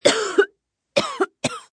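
Three short cough bursts from a middle-aged woman, the last the shortest.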